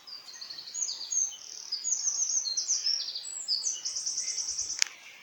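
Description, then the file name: Eurasian wren song: a long, rapid run of high, sharp trills and chattering notes, shifting in pitch and ending in a fast, dense trill. "Troglodytes troglodytes"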